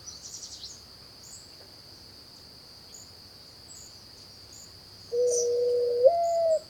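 Mourning dove coo: one low note that rises sharply partway through, heard after several seconds of hiss and a steady high whine.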